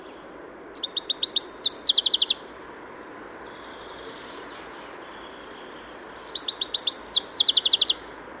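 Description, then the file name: Common chaffinch song: two bright trilled phrases, each closing with a quick flourish, a few seconds apart, over a steady background hiss. "Fringilla coelebs"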